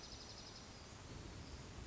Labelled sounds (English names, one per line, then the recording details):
Hermit Thrush
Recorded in Sonoma County, California